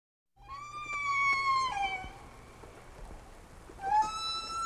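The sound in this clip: Whale call, a long tonal whistle gliding slightly upward then dropping, followed after a pause by a second higher rising cry.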